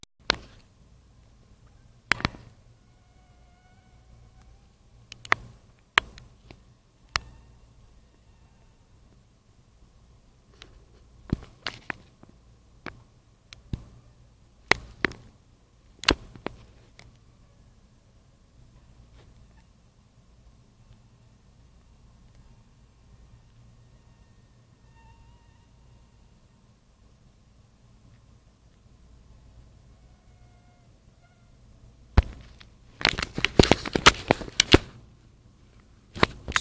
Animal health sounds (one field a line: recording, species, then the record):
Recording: mosquito flight sound by mobile phone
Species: Anopheles minimus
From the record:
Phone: Nokia 5235